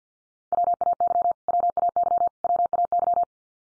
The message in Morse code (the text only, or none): WAY WAY WAY